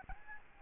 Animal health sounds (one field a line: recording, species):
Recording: mosquito wingbeat signal from an infrared sensor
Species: Aedes albopictus